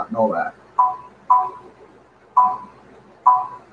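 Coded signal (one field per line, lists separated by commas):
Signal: none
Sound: game sound beeps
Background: speech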